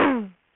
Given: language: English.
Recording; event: throat vibration sensor signal played as sound; throat clearing